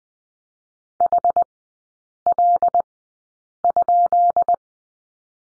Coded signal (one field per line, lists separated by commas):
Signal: Morse code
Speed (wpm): 20 wpm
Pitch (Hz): 700 Hz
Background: none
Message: HL?